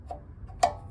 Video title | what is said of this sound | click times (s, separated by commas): How to fix a loose throttle lever on an old Ariens snowblower | So, you can see it's real positive now. See it clicks. | 0.6 s